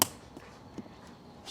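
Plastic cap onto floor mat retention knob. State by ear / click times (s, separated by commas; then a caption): seated / 0.0 s. A plastic cap is pressed over the twisted vertical retention knob of a Lasfit floor mat in a 4th Gen Toyota Tacoma to lock the mat to the truck floor. A sharp, bright snap is heard at 0.0 s, followed by a few faint soft taps and a brief rise of noise at the end. The cap snaps on and is seated.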